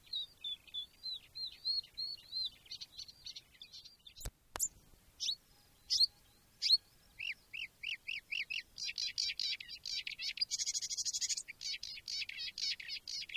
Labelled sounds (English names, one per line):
Marsh Warbler